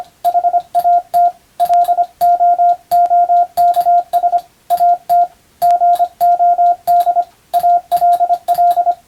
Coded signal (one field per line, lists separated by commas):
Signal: Morse code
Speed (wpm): 25 wpm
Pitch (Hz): 700 Hz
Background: radio noise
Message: HAT LOOKS AT GOD ALL